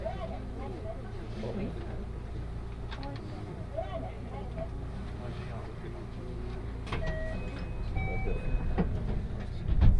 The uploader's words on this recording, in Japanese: 耳で楽しむ鉄道旅 東海道本線新快速 草津→新大阪。